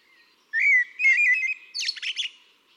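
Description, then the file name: Eurasian blackbird sings a warbled phrase of rich, fluty whistles that slide and wobble, finishing with a burst of thin, squeaky chattering notes. "Turdus merula"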